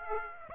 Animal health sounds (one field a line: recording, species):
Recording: mosquito wingbeat signal from an infrared sensor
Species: Aedes aegypti